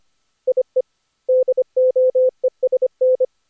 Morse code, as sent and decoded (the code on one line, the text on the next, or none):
.. . / -.. --- . ... -.
IE DOESN